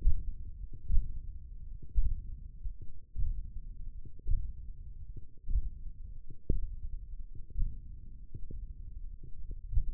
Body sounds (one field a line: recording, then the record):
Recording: forearm muscle sounds (acoustic myography)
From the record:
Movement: index flexion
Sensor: system 1, eight BSWA MPA416 microphones around the upper forearm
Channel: 4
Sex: male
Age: 20 years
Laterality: left